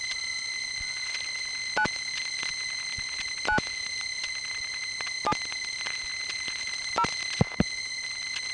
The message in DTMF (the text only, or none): 9 9 7 0